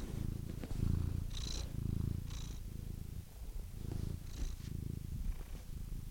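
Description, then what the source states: Domestic cat purring in rough low bursts with short pauses. Compilation of domestic cats, from kittens to old cats.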